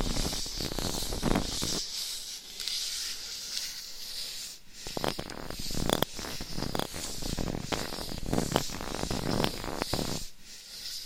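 Mic scratching rustles and scrapes in dense, uneven bursts, with sharp crackling strokes near 5, 6, 8.5 and 10 seconds over a steady hiss.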